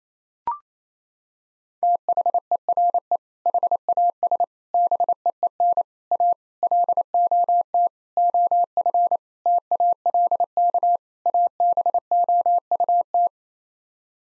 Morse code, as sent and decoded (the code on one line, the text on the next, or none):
- .... . .-. . / .... .- ... / -... . . -. / .- / .-.. --- - / --- ..-. / - .- .-.. -.- / .- -... --- ..- -
THERE HAS BEEN A LOT OF TALK ABOUT